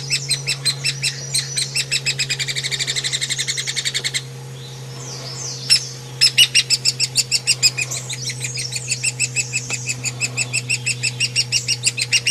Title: platuk hairy untuk kacer murai cucak hijau masteran